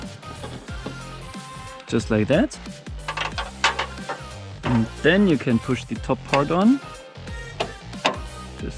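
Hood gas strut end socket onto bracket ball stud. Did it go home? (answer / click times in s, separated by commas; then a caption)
yes / 8.1 s. Someone talks over background music while the top end socket of an MR2 Spyder hood gas strut is pushed onto its ball stud on the bracket. A sharp click sounds at 8.1 seconds as the strut end seats onto the ball stud.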